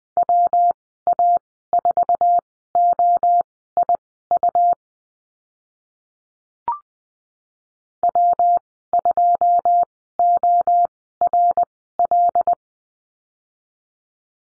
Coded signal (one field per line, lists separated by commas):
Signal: Morse code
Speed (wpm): 20 wpm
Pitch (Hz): 700 Hz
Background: none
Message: WA4OIU W2ORL